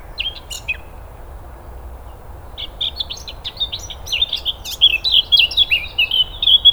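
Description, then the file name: Eurasian blackcap song: a few quick notes, a pause, then a warble of quick varied notes that grows louder toward the end. "Sylvia atricapilla"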